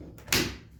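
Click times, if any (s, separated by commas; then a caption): 0.3 s. A battery pack is slid into the back of a Kobalt brushless string trimmer until it locks in place. A faint sliding contact near 0.2 s leads into a loud, bright latch click at 0.3 s, and the battery is seated.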